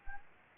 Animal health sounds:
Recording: mosquito wingbeat signal from an infrared sensor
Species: Anopheles gambiae

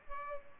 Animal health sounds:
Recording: mosquito wingbeat signal from an infrared sensor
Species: Culex pipiens

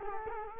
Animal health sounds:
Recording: mosquito wingbeat signal from an infrared sensor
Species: Culex quinquefasciatus

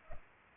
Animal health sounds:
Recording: mosquito wingbeat signal from an infrared sensor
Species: Culex pipiens

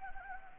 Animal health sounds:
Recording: mosquito wingbeat signal from an infrared sensor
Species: Anopheles gambiae

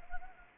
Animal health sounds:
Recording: mosquito wingbeat signal from an infrared sensor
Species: Anopheles gambiae

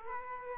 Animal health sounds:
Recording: mosquito wingbeat signal from an infrared sensor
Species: Aedes aegypti

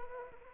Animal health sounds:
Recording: mosquito wingbeat signal from an infrared sensor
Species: Anopheles arabiensis

